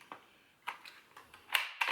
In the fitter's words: there you go goes back and locks into place it clicks forward